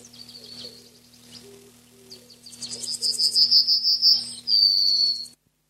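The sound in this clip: Yellowhammer song starting faintly among soft background chirps, building into a loud run of rapid repeated high notes and ending on a sustained, slightly falling note.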